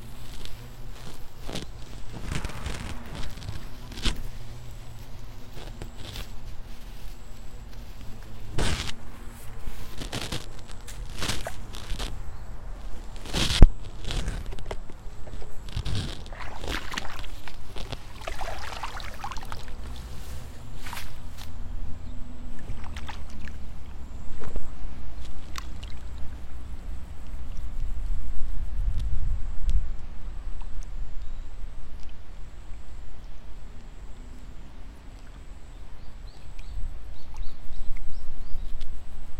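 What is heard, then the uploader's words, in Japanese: Rice seedlings being pulled in the evening: irregular splashes and rustles crowd the first twenty seconds, over a low rumble and a thin, steady high whine. イネ苗取り ブユのいない気持ち良い夕方。いよいよ今年の手植え田んぼも大詰め。夕方、イネの苗取り。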